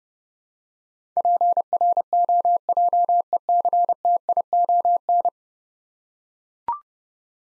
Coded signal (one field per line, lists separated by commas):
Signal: Morse code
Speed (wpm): 30 wpm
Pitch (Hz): 700 Hz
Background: none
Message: PROJECTION